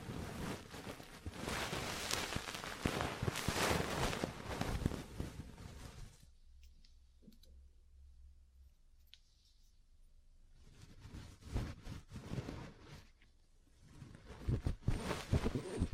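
Dense bursts of crackling, scratching contact noise from ear cleaning and massage, dropping to near silence with faint clicks mid-clip before resuming.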